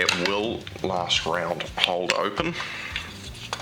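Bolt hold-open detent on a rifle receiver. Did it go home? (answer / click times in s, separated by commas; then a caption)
no / none. Someone talks while handling the bolt hold-open detent on the receiver of a Chiappa M1-22 .22LR M1 Carbine, pulling the bolt to the rear and pushing the small detent so the bolt stays locked open, with a few short metallic hits near the end. Nothing has seated or clicked yet when the clip ends.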